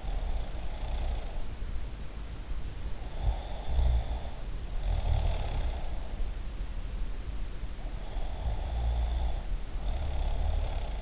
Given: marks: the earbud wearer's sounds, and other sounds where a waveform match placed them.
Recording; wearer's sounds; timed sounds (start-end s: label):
sounds in sleep by an in-ear microphone; breath, snoring breath
0.00-1.60 s: breath
3.10-5.81 s: breath
7.73-11.02 s: snoring breath